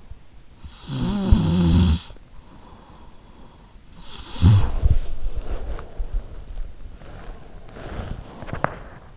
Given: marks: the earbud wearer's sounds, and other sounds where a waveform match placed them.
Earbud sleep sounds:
sounds in sleep by an in-ear microphone; snoring breath, body movement
0.02-2.65 s: snoring breath
3.74-6.25 s: snoring breath
5.07-9.17 s: body movement

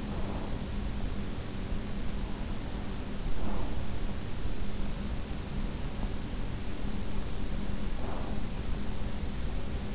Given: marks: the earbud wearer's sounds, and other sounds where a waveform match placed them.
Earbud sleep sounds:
sounds in sleep by an in-ear microphone; breath
0.00-0.93 s: breath
3.10-4.04 s: breath
7.75-8.76 s: breath

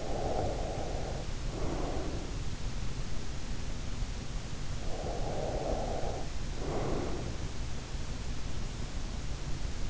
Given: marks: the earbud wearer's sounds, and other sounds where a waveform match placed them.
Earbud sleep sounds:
sounds in sleep by an in-ear microphone; breath
0.00-2.19 s: breath
4.65-7.30 s: breath

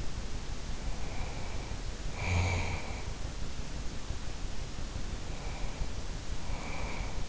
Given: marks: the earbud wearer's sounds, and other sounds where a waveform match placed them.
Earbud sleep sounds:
sounds in sleep by an in-ear microphone; snoring breath, breath
0.23-3.30 s: snoring breath
5.03-7.29 s: breath

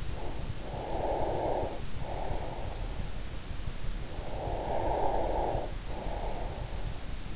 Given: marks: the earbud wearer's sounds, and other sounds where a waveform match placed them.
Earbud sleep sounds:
sounds in sleep by an in-ear microphone; breath
0.00-3.02 s: breath
4.10-6.98 s: breath

